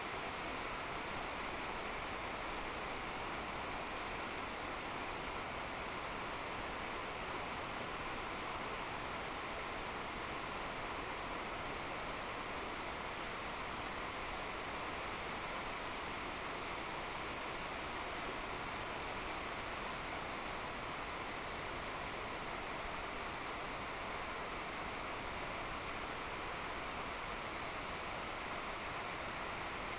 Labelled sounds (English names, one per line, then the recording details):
none
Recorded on Arctic tundra, site NAIT-1, on 26 June 2018
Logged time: 09:00